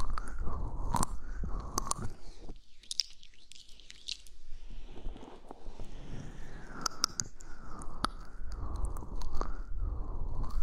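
Gentle brushing and ear-cleaning sounds, with soft scratchy strokes and crackly rustles rising and falling in waves. Sharp little clicks and crunchy taps punctuate it, clustering near the start and again between seconds seven and nine, with a quieter stretch around three to five seconds.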